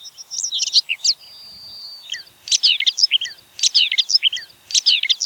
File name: grasmus zang